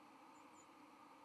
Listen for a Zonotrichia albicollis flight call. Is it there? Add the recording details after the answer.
no. Another species' flight call is heard. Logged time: 08:15 on 31 October 2014